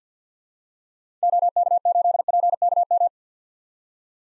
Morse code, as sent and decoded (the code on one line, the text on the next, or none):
--- -.- ---.. .--. -.- --
OK8PKM